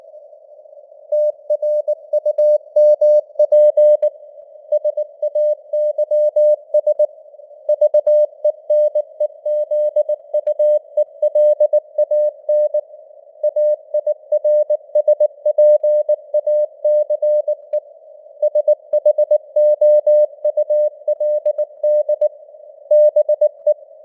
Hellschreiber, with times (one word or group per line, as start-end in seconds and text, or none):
none